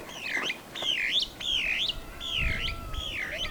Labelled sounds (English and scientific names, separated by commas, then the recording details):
Superb Starling (Lamprotornis superbus) flight call
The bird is a female
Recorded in Kenya on 8 April 2009 at 14:39
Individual 66, of group MRCV